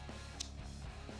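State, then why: Seated. The small plug insert of a power cable is pushed into a Liberty Safe SafElert alarm monitoring unit over a steady low, music-like background. A short, sharp click at 0.4 s confirms the insert is seated, with no pushing, pulling or twisting needed.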